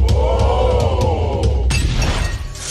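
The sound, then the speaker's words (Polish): Plastic sink trap pieces under a kitchen sink being taken apart to replace the trap, a loud squeaky creaking grind followed by a sudden, harsher clattering rush of plastic noise, continuous throughout with no talking. “Dotrzemy to ręcznikiem i rozbierzemy to. Jest uszczelka i wszystko jasne.”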